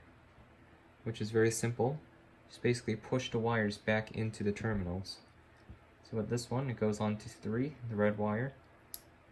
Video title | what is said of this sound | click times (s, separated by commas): 2008 Weatherworks 6” Desk/Clip Fan - Restoration: Disassemble, Clean & Oil | you hear the little click when the tab holds onto the wire | 8.9 s